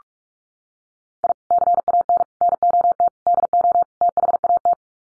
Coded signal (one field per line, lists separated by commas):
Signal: Morse code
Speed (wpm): 44 wpm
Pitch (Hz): 700 Hz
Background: none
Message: I CAN NOT DO THAT